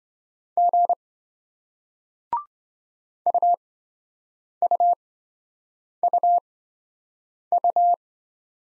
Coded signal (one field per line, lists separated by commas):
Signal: Morse code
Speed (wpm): 27 wpm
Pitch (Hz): 700 Hz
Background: none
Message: G UUUU